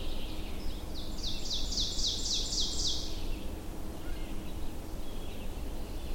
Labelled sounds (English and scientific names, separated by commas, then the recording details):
Ovenbird (Seiurus aurocapilla) song
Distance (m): 35 m
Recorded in boreal forest in Alberta, Canada, on 22 June 2016 at 08:51
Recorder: SongMeter 3, array SBT-6-76
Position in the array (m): 154 m, 117 m
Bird 3